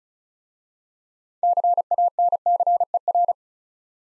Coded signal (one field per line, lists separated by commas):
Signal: Morse code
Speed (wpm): 36 wpm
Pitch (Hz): 700 Hz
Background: none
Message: CANCER